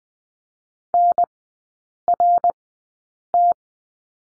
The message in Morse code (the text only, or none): NRT